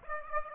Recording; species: mosquito wingbeat signal from an infrared sensor; Aedes aegypti